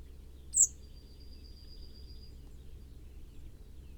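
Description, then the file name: Common blackbird giving one sharp high note followed by a long, thin, level whistle lasting almost two seconds, against a quiet low background hum. "Turdus merula"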